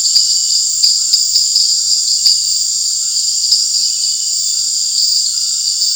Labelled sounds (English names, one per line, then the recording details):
none
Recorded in dense forest near Puerto Asís, Putumayo, Colombia, on 8 March 2025 at 18:30
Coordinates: 0.484, -76.317
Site G064